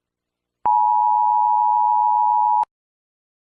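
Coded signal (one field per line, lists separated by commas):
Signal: Emergency Alert System (SAME) tones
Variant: 853 and 960 Hz attention tone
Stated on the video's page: Fictional EAS tones in a Stranger Things–themed simulated scenario.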